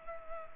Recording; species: mosquito wingbeat signal from an infrared sensor; Culex pipiens